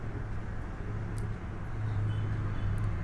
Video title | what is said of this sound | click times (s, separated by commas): TPU protective case for Apple watch SE - Unboxing video | you heard this click sound which confirms that the belt is now installed on the watch | 1.2 s, 2.8 s